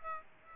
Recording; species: mosquito wingbeat signal from an infrared sensor; Aedes aegypti